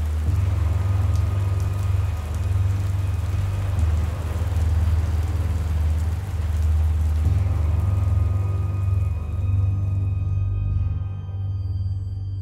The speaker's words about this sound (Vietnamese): Giữa đêm canh ba, mưa to như thác đổ, đem không khí lạnh lẽo phủ kín dương gian, đưa người ta vào giấc ngủ say nồng. Từng làn sét chói lóa vắt ngang tinh không, mang theo tiếng sấm rền vang vọng trời đêm.